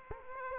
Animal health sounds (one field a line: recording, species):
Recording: mosquito wingbeat signal from an infrared sensor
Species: Aedes aegypti